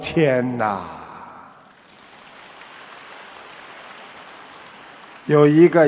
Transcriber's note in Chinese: 掌声